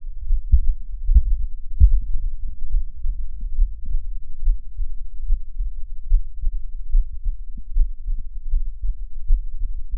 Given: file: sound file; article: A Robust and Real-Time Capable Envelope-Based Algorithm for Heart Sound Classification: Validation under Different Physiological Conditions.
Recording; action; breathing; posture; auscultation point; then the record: heart sounds by electronic stethoscope; rest; normal; lying on stomach; Erb’s point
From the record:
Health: healthy, no known heart disease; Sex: male